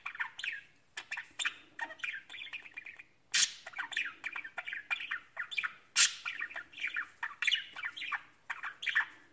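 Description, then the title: Budgerigar twittering and squawking in busy, uneven phrases, two loud sharp bursts standing out. "Budgie Sounds"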